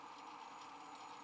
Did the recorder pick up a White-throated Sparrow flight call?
no